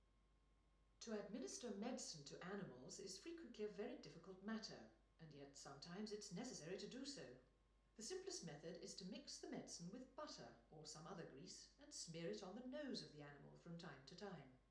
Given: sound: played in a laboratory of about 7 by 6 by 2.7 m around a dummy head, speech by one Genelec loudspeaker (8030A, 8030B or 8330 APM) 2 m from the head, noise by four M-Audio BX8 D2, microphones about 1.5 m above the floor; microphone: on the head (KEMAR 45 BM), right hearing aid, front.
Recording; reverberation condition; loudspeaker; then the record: female speech in English; medium; 120 degrees to the right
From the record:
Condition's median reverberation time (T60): about 510 ms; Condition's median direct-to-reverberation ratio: about -0.5 dB